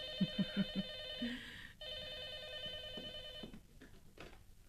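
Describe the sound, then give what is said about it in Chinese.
A telephone rings with a call from Hong Kong, in two long electronic bursts of bright, steady, high-pitched trilling, separated by a brief pause, with a few soft low thumps and clatter underneath. “师母，电话是老爷从香港打来的。”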